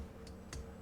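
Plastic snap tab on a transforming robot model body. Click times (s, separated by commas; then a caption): 0.5 s. A plastic snap tab on the underside of a transforming robot model's body is pressed shut during its transformation. A faint tick at 0.3 s comes first, then a sharp, louder tick at 0.5 s as the snap joint locks into place.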